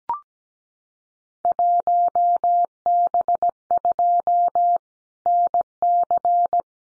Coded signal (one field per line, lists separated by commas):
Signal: Morse code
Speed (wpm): 17 wpm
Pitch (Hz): 700 Hz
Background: none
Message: 1B2 NC